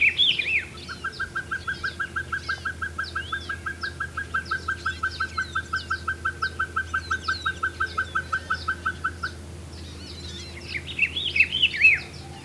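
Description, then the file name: Pacific pygmy owl calling a long, steady train of short, quick whistled toots lasting about eight seconds, with bursts of squeaky bird chatter before and after. "Glaucidium peruanum - Pacific Pygmy Owl"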